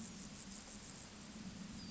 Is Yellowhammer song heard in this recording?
no